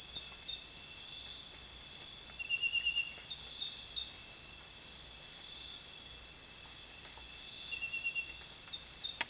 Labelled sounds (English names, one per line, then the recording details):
none
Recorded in secondary vegetation near Puerto Asís, Putumayo, Colombia, on 24 June 2025 at 23:30
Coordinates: 0.498, -76.327
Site GP09